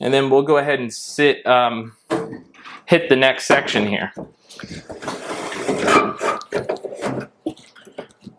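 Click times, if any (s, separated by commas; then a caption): 7.5 s. A metal crumb tray is set back into the base of a laser engraver and wiggled back and forth until its four feet drop into the divots in the machine floor, and it is locked in place. Someone talks at first, then scraping and knocking sounds follow, with the tray seating at 7.5 s.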